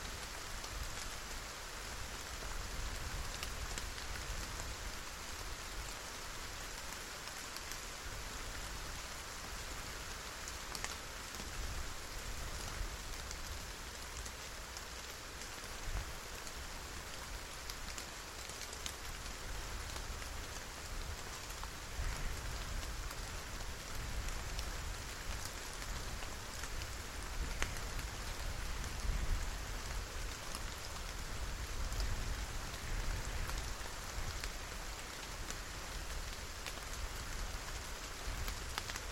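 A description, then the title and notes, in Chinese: Rain falls steadily throughout, a dense, even hiss of countless drops with no pauses. Fine pattering detail sits over a low rumble that swells slightly at times, and the overall level stays nearly constant for the whole stretch. 在下雨。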